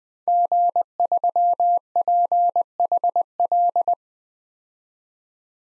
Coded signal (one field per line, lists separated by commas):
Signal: Morse code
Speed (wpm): 20 wpm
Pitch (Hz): 700 Hz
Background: none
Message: G3PHL